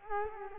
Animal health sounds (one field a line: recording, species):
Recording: mosquito wingbeat signal from an infrared sensor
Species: Culex quinquefasciatus